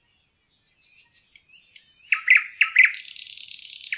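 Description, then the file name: Thrush nightingale song: a series of pure, evenly repeated whistles, then sharp chips, loud knocking notes and a sustained high buzzy rattle. "nattergal"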